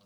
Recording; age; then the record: pig call; piglet (1 to 25 days)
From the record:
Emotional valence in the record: positive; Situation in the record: short reunion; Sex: female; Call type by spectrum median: low-frequency call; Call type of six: low-frequency tonal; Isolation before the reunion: 3 minutes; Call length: 0.06 s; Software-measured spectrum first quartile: 334 Hz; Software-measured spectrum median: 1181 Hz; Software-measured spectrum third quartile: 4537 Hz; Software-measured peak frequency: 184 Hz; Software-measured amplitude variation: 11 dB a second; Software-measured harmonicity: 2.0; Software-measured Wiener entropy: -1.95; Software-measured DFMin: 703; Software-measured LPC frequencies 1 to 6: 481, 1173, 3180, 3984, 4519, 6922 Hz